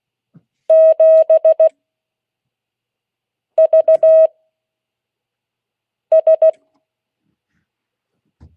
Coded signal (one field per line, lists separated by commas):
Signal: Morse code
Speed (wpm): 16 wpm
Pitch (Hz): 640 Hz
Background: none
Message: 7 V S